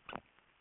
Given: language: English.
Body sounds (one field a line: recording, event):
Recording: throat vibration sensor signal played as sound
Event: swallow